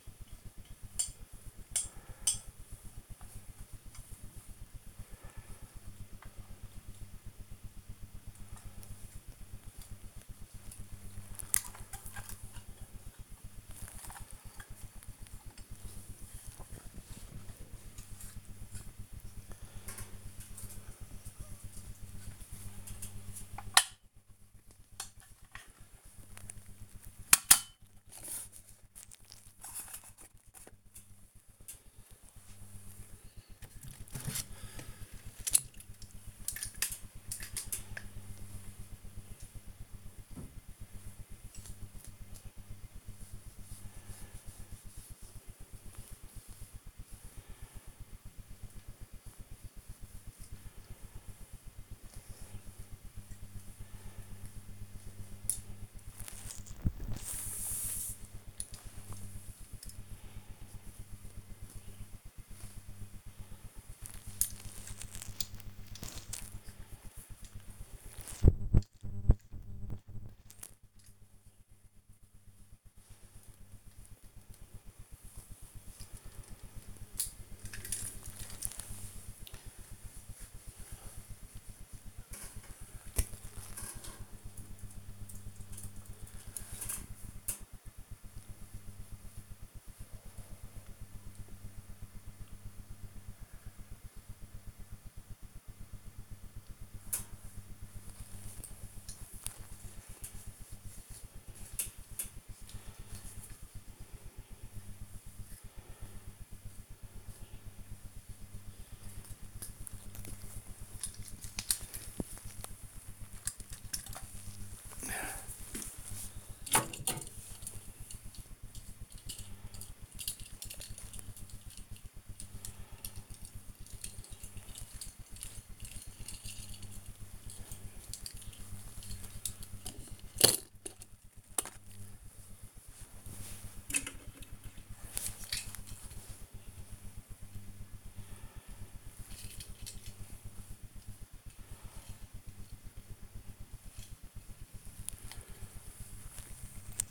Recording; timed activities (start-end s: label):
household activities, microphone on the right wrist
0.00-82.85 s: dusting model cars
97.95-147.11 s: dusting model cars